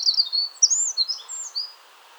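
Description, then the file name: Eurasian wren song fragment: a brief cascade of high, sweeping whistled notes fading out after under two seconds, with faint background noise. "Troglodytes troglodytes"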